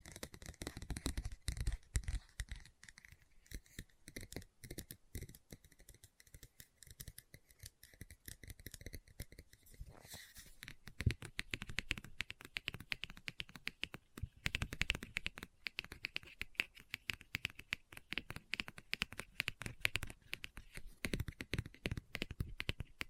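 Book tapping and scratching in quick, dense bursts of dry crisp clicks, with a steady faint tone throughout and busier, louder activity after ten seconds.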